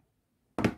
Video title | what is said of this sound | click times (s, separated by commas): Amigurumi Snail Crochet Tutorial UK Terms | two so i've got two clicks there so i know that's on securely | 0.6 s